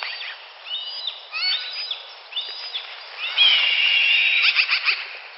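Hawk gives a harsh, buzzy scream of about a second, breaking into stuttered notes, after a busy stretch of high chirps from small birds.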